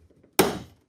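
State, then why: Seated. A plastic back cover is slid onto the camera module of a PetKit Purobot Crystal Duo automatic crystal litter box. After faint low rustling, a sharp snap at 0.4 s marks the cover seating in place, and its bright ring fades over about 0.3 s. The cover is confirmed seated.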